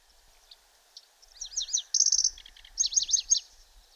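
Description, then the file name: Pallas's Grasshopper Warbler song: a short, high, fast phrase of chirping trilled notes, a sharp buzzy burst, then another rapid zigzagging trill, with quiet faint notes before it. "Zvuki ptic - Pevchij sverchok"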